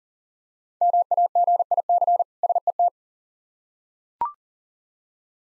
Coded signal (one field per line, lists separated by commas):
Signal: Morse code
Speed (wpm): 42 wpm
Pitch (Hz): 700 Hz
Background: none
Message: MAGIC SET